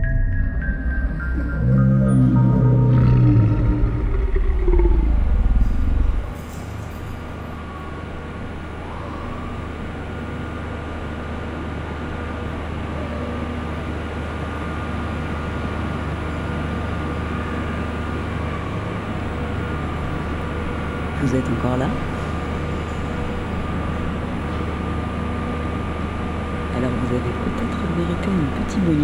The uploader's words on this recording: Rooftop, London. Là, sous un ciel qui se gratte, dans un jardin suspendu, on passe à l'heure du thé. Between 12 towers, dizzying stopover in Shoreditch, London.